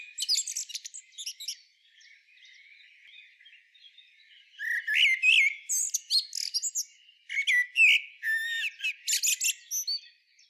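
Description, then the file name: Common blackbird: high twittering at the start, a quieter stretch of faint notes, then loud varied phrases of chirps and sharp downslurred whistles. "Turdus merula"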